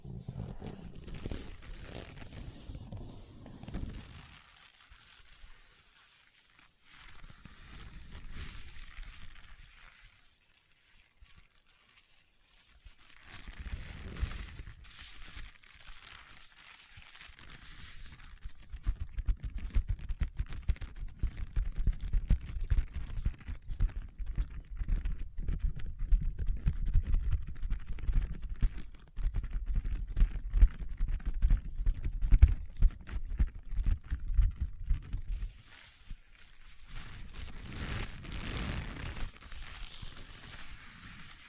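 Leather is tapped and scratched in bursts of dense, dry scraping and soft knocks, busiest from about 19 to 35 seconds, with quiet gaps between.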